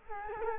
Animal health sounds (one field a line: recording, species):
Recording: mosquito wingbeat signal from an infrared sensor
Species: Culex quinquefasciatus